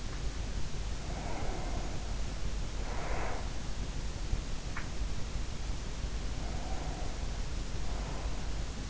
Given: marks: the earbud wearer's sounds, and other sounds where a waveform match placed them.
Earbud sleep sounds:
sounds in sleep by an in-ear microphone; breath
0.83-3.87 s: breath
5.83-8.90 s: breath

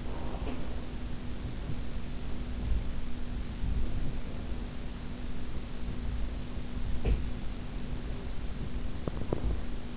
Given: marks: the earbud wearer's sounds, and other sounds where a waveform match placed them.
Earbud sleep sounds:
sounds in sleep by an in-ear microphone; breath, teeth grinding
0.00-0.94 s: breath
0.36-0.66 s: sound from someone else or the room
6.99-7.24 s: sound from someone else or the room
8.99-9.59 s: teeth grinding

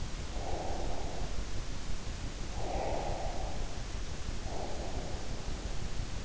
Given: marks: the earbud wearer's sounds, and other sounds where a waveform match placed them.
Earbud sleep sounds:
sounds in sleep by an in-ear microphone; breath
0.22-1.49 s: breath
2.53-5.94 s: breath

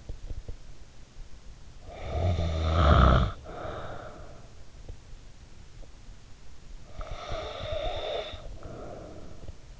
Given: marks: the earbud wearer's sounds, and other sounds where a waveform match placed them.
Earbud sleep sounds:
sounds in sleep by an in-ear microphone; snoring breath
1.49-4.83 s: snoring breath
6.75-9.80 s: snoring breath

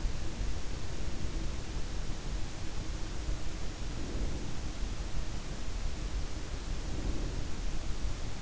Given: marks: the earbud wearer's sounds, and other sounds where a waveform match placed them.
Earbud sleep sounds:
sounds in sleep by an in-ear microphone; breath
0.83-2.12 s: breath
3.54-4.87 s: breath
6.54-7.58 s: breath

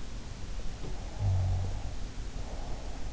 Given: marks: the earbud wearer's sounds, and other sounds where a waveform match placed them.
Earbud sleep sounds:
sounds in sleep by an in-ear microphone; snoring breath
0.52-3.11 s: snoring breath

